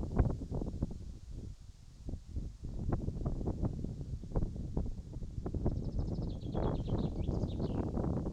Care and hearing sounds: everyday scene through a hearing-aid microphone; wind on the microphone; wind, birds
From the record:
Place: in front of a rural house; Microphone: in the ear canal, right

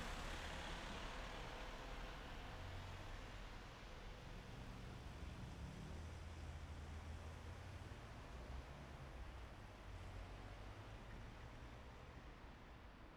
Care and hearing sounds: everyday scene through a hearing-aid microphone; in traffic; traffic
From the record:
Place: main city hub, rush hour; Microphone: behind the ear, right, front

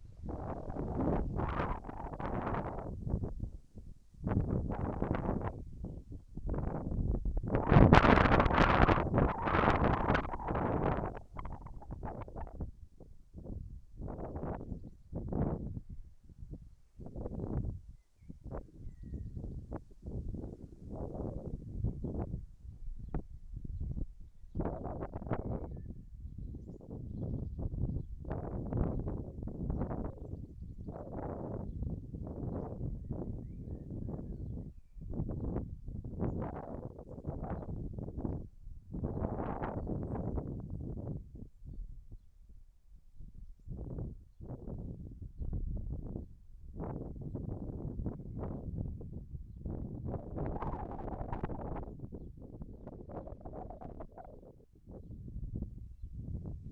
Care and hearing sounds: everyday scene through a hearing-aid microphone; wind on the microphone; wind, whistling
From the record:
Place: in front of a rural house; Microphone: behind the ear, left, rear

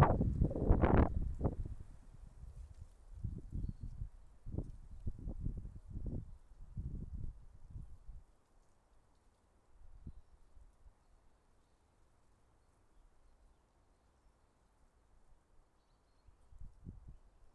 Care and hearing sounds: everyday scene through a hearing-aid microphone; wind on the microphone; wind, traffic, birds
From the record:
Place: suburban garden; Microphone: behind the ear, left, rear

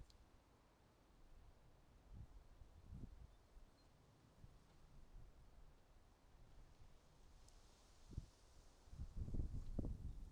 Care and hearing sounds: everyday scene through a hearing-aid microphone; wind on the microphone; wind, traffic, birds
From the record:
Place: suburban garden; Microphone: in the ear canal, right

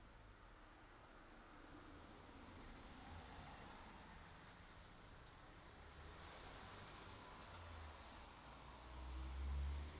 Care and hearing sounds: everyday scene through a hearing-aid microphone; in traffic; traffic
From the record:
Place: city secondary road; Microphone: in the ear canal, left

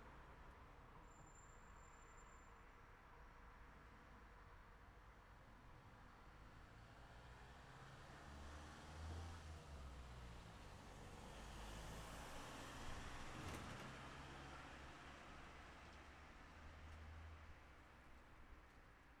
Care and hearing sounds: everyday scene through a hearing-aid microphone; in traffic; traffic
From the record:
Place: city secondary road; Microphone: behind the ear, left, rear

